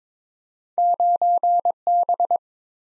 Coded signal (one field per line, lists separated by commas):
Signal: Morse code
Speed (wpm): 22 wpm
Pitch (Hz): 700 Hz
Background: none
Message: 9B